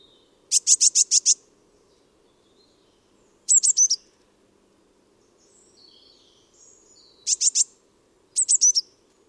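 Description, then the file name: Eurasian blue tit: four bursts of rapid, very high, thin notes, each burst a few notes long, with brief faint chirps between them and a low hum. "Cyanistes caeruleus"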